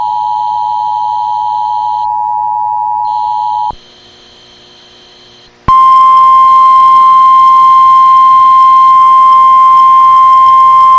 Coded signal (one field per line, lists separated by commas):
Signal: Emergency Alert System (SAME) tones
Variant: 853 and 960 Hz attention tone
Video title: EAS 1325: PBZ RWT AT 11:10AM